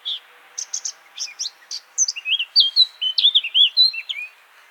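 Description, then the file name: Eurasian blackcap song: a scratchy, chattering opening of quick high notes that breaks into a loud, clear fluting warble of rich whistled phrases. "Sylvia atricapilla"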